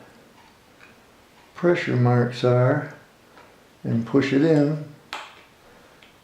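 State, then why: Seated. Someone talks while pressing the small battery cover back into place on a tungsten steel quartz wristwatch after the battery goes in. A sharp click sounds at 5.1 s as the cover seats shut.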